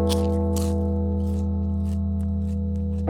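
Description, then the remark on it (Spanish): A deep church bell rings out the midnight chimes that follow the quarter chimes, its low humming tone lingering steadily for a few seconds before the next strike lands at the very end, with faint crunchy crackles scattered over the ringing. “Y ahora las campanadas.”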